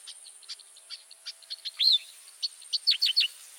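Striated grassbird calling with quick high chirps and a few louder whistled, down-slurred notes near the end, over a constant high-pitched insect drone.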